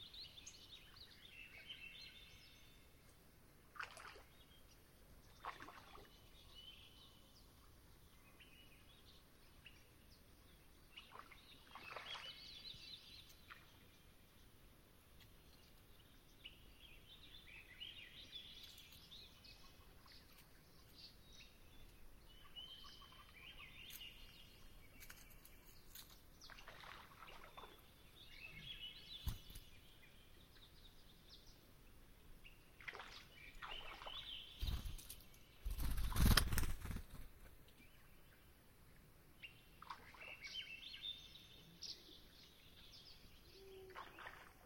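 Dusk at a swamp, with a quiet steady hiss underneath and scattered bird calls and chirps rising and falling in bright bursts every few seconds. A louder, sharper burst cuts through around thirty-six seconds before the calls resume.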